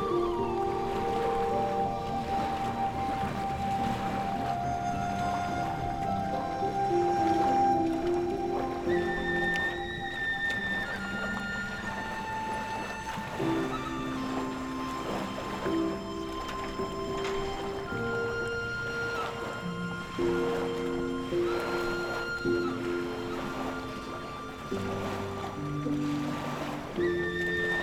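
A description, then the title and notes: Soft flutes play long held notes in a slow, steady melody over a low drone, with a faint wash of waves underneath. Gentle Flutes at the Ocean's Edge.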